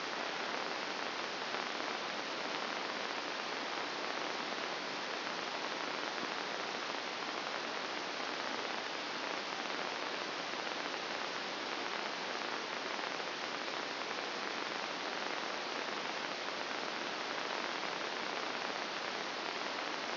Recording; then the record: brain microelectrode recording played as sound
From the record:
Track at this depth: outside the subthalamic nucleus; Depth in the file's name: 2.972 mm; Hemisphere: left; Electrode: 2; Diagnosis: Parkinson's disease